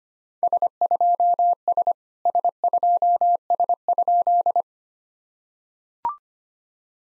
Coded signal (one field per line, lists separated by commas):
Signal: Morse code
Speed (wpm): 25 wpm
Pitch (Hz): 700 Hz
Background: none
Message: S2S S2S?